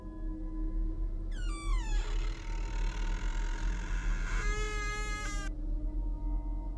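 A dry, unoiled old door is pushed open, creaking in a long, wavering squeal that slides downward, then rises into a second strained, rasping creak over a steady low rumble.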